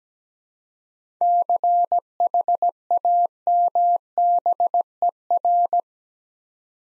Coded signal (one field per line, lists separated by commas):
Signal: Morse code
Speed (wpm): 17 wpm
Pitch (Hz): 700 Hz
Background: none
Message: CHAMBER